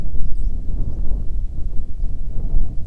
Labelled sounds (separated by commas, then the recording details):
songbird, weather or water
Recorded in the Prudhoe Bay oil fields, Alaska, on 10 July 2019 at 09:20
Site 11